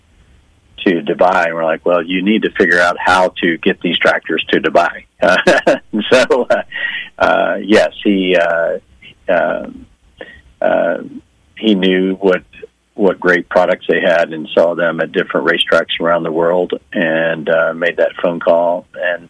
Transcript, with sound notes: to Dubai." And we're like, "Well, you need to figure out how to get these tractors to Dubai." (laughs) So, uh, uh, yes, he, uh, um, uh, he knew what, what great products they had and saw them at different racetracks around the world and, uh, made that phone call